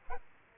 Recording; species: mosquito wingbeat signal from an infrared sensor; Aedes aegypti